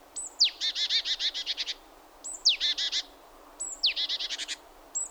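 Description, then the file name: Great tit calls: a thin high downslurred note followed by a rapid harsh buzzy churr, repeated three times, with the start of a fourth at the end. "Parus major"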